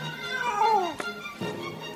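A cat gives one long, drawn-out meow that slides downward in pitch, followed by a softer, shorter mew a moment later.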